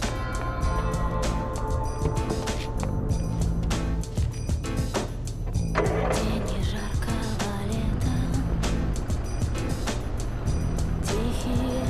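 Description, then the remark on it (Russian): A car engine runs steadily, a low, continuous rumbling hum that holds at an even loudness throughout, with faint clicks and rattles scattered over it. “Эля выходит из подъезда и садится в машину.”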